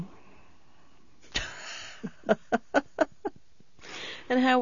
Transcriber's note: she laughs